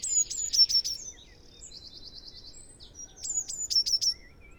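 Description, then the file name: Eurasian blue tit with two high whistled-and-trilled phrases, with a softer rapid twittering between them. "Cyanistes caeruleus"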